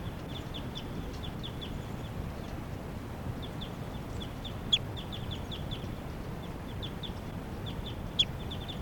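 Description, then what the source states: Crossbill calls: faint, high, downslurred notes given in runs throughout, with a couple of sharper clicks over low background noise. Bird number 388, a captured crossbill with a right-crossing bill, calling very softly; at Sage Hen, 12:10 on May 3rd, tape recording.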